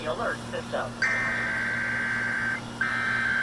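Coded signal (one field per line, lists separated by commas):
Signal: Emergency Alert System (SAME) tones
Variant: header bursts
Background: speech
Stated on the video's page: Real EAS tests received off the air.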